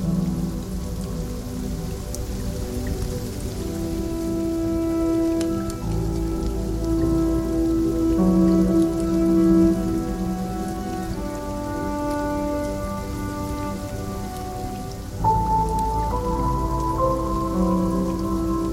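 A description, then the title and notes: Steady, dense rain water dripping with a low rumble beneath and sustained ringing tones that shift pitch near 6, 11 and 15 seconds. Rain water drop sound.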